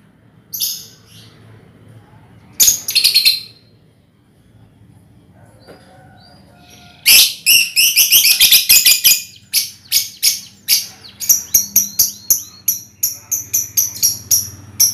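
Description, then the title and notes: Lovebird bursts of shrill squeaking, then a long fast stream of sharp high chirps and squeals, the notes coming several per second after a quieter stretch. Ngekek song, used as a lure song (kicau pancingan). "Master Kicau Lovebird ngekek, kicau pancingan"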